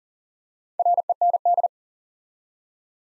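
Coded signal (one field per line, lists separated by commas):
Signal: Morse code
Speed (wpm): 41 wpm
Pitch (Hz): 700 Hz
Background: none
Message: REND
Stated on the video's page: Morse Code Ninja drill at 40 wpm building 6-letter words two letters at a time for instant character recognition.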